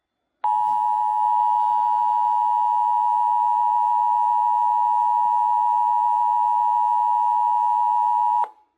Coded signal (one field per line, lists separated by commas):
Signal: Emergency Alert System (SAME) tones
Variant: 853 and 960 Hz attention tone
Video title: TFT DEBUT - EAS Alerts from 2/27-3/1/26 (New EAS 965-973)